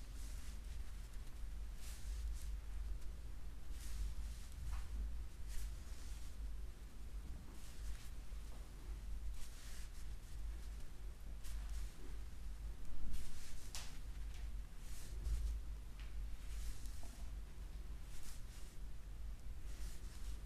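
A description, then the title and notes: A neck, back and scalp massage: soft brushing and rubbing strokes every second or two over a steady low rumble, swelling briefly near thirteen seconds. Neck, back, head and scalp massage.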